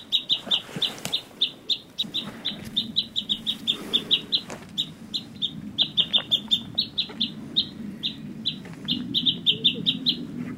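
Japanese bush warbler giving a long, fast series of sharp, high, clipped notes, several per second, continuing almost without pause over low background rumble.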